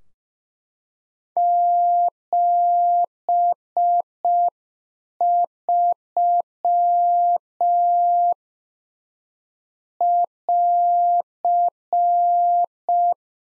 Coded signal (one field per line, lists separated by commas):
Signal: Morse code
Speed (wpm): 5 wpm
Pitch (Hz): 700 Hz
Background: none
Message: 73 <AR>